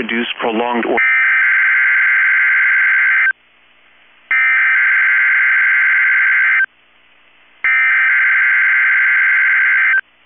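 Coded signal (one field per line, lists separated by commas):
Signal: Emergency Alert System (SAME) tones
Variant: header bursts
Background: speech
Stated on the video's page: Required Weekly Test on NOAA Weather Radio station.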